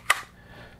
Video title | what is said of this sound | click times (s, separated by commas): What kind of holster should I buy? | got a nice little click to it that means that holster's got good retention | 0.1 s